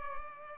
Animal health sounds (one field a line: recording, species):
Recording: mosquito wingbeat signal from an infrared sensor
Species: Culex pipiens